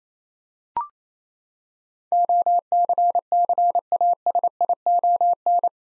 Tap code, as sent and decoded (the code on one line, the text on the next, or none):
none